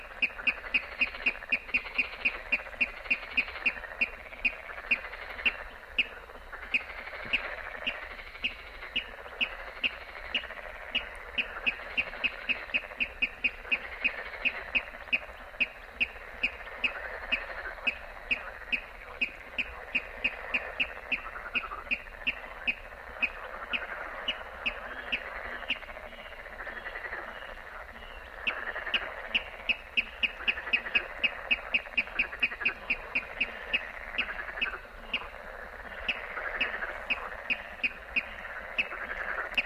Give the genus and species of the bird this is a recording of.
Rallus aquaticus